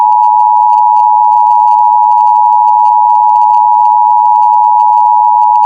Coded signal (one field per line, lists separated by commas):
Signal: Emergency Alert System (SAME) tones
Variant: 853 and 960 Hz attention tone